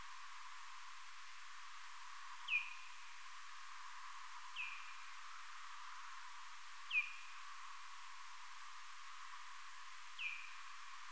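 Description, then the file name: Parti-coloured bat calls: four short, falling chirps spaced a few seconds apart, the first and third louder, over an even hiss. "Vmur"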